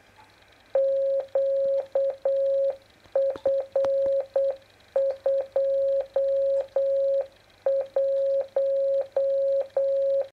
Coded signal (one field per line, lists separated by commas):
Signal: Morse code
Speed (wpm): 8 wpm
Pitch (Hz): 540 Hz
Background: none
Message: QF21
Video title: Tests with a QRPP 50 MHz CW beacon